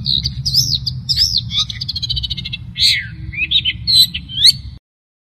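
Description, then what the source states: Long-tailed shrike delivering a loud, varied warbling song of looping whistles, fast trills and slurred notes, with a low rumbling hum underneath. Training recording used to teach songs to caged birds.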